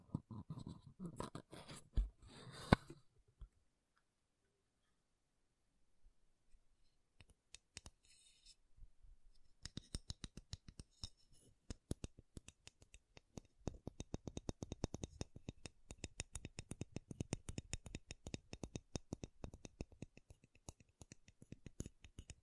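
Makeup tapping and scratching: a rustling, scratchy burst opens the first three seconds, then near silence with a few faint ticks. From about ten seconds, dense, quick taps and clicks run steadily to the end, crisp and irregular, some louder than others.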